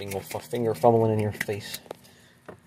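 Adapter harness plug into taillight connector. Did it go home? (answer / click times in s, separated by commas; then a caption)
yes / 2.5 s. The taillight side of a plug-and-play adapter wiring harness is pushed into the taillight's plastic connector of a Tahoe while someone talks. A short, sharp click at 2.5 s shows the connector seating.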